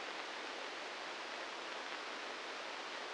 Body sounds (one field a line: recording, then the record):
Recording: brain microelectrode recording played as sound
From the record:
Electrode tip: inside the subthalamic nucleus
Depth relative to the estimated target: -1 mm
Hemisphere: right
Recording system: NeuroSet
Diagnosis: Parkinson's disease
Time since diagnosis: 15 years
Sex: female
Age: 59 years